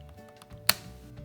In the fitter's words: it slide in and as you press down it will you hear it snap and